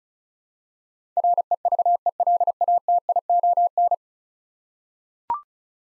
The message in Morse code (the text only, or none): REVELATION